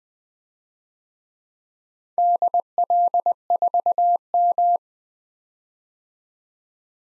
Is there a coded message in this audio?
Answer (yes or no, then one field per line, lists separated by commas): yes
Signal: Morse code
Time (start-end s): 2.2-4.8 s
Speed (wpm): 20 wpm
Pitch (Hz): 700 Hz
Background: none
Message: DL4M